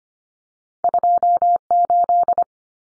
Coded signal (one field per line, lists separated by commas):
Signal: Morse code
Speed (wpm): 25 wpm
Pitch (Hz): 700 Hz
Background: none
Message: 28